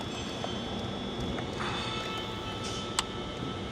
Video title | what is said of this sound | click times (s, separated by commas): 2019-2025 Mercedes Sprinter Fuel Capacity Recalibration Tool | once you hear that click and it's past that little button that we talked about, then it's locked in. | 3.0 s